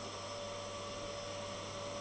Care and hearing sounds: daily activity, microphone in the room; vacuum cleaning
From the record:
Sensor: 4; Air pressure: 1000.1 hPa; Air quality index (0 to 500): 232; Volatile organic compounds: 32 ppm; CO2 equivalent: 2992 ppm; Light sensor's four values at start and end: 9/21/8/8 and 9/21/8/8

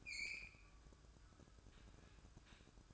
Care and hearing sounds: daily activity, microphone in the room; open fridge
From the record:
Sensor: 2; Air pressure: 1007.6 hPa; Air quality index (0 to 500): 50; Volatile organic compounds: 1 ppm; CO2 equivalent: 567 ppm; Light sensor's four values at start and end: 10/24/10/10 and 10/24/10/10

